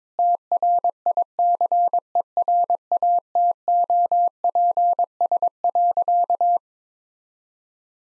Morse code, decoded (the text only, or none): TRICERATOPS.